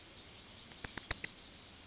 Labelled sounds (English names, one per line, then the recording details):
Yellowhammer song
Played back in forest
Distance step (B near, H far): B
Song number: 154